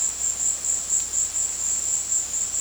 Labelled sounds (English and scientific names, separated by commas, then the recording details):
none
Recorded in dense forest near Puerto Asís, Putumayo, Colombia, on 20 February 2024 at 16:00
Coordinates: 0.485, -76.318
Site G6408